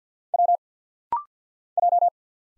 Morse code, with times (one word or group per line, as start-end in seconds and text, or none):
0.3-0.6 W
1.8-2.1 J